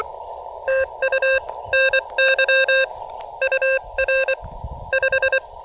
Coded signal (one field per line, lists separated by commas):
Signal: Morse code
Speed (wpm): 24 wpm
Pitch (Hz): 530 Hz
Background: none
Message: TU NY UR 5